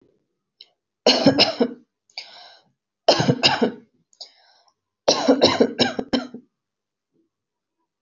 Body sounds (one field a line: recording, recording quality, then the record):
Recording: shallow voluntary cough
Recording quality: excellent, no background noise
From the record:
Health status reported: healthy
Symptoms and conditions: none ticked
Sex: female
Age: 27 years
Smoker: not ticked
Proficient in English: yes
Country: India